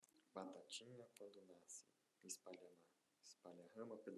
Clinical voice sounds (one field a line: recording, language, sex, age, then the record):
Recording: short text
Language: Brazilian Portuguese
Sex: male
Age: 40 to 49 years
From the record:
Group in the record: control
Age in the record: 45 years